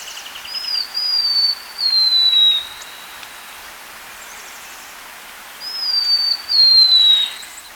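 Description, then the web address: Buff-breasted mountain tanager song: long, thin whistles sliding gently downward, given twice, over a steady hiss of background noise. Recorded in Ecuador. "Birds of Ecuador. Buff-Breasted Mountain-Tanager"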